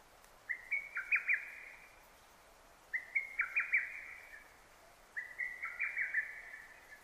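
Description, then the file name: Lesser cuckoo singing three bright, chattering phrases of quick whistled notes, each burst about a second long and separated by short silences. Recorded 6 June 2009. "hototogisu-20090606"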